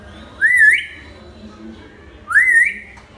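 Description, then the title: Hill myna gives two loud wavering whistles that swoop upward, spaced about two seconds apart, with quiet background hum between them. Lively 'gacor' hill myna singing, offered as 'masteran' tutor audio for training birds. "Suara Burung Beo Gacor Cocok Untuk Masteran"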